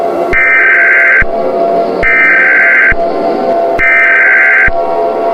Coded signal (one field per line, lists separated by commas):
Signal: Emergency Alert System (SAME) tones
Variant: header bursts